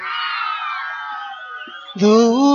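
Women scream and cheer in a high-pitched chorus, sustained and loud, then a fresh, even louder burst of shrieking erupts near the end.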